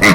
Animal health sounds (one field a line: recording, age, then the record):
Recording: pig call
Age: piglet (1 to 25 days)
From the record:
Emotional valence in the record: positive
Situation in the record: reunion after long isolation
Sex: female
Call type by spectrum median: low-frequency call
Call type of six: low-frequency tonal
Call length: 0.15 s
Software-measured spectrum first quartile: 417 Hz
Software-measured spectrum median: 1362 Hz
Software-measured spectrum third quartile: 2395 Hz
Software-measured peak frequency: 180 Hz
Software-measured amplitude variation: 55 dB a second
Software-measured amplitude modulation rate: 16.5 a second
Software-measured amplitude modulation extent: 3.3 dB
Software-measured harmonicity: 1.7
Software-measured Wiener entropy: -1.40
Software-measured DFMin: 1021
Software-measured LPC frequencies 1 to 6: 1220, 2044, 3947, 4591, 5497, 6048 Hz